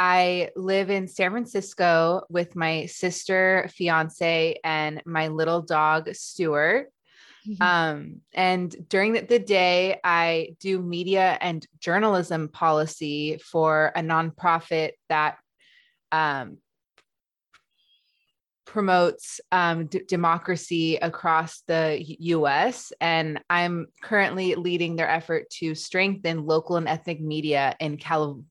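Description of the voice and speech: Adult woman's speech, mostly fluent, with a three-second silent block before "promotes" and drawn-out fillers: stuttering, which she describes as inconsistent. She is a stuttering advocate.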